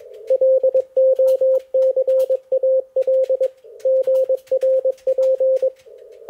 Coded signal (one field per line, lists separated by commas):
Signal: Morse code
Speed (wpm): 20 wpm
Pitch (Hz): 530 Hz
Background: none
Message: LOCAL GRP